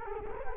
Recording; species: mosquito wingbeat signal from an infrared sensor; Culex quinquefasciatus